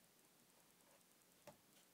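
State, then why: Seated. During reassembly of a Russian SKS rifle, an action part is pushed into place on the steel action and into the receiver. After quiet background hiss, a single sharp click at 1.5 seconds marks the part snapping back down into its original position, seated.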